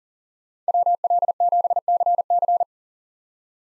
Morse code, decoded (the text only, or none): WL7CC